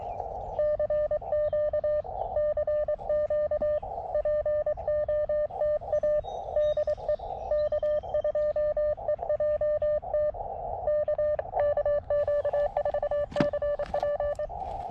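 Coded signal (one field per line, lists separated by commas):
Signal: Morse code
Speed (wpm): 23 wpm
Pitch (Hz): 600 Hz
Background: none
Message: CQ CQ POTA DE K2EJT K KQ4CP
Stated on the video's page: CW POTA park activation with a KX2 and a WRC Silver Bullet antenna.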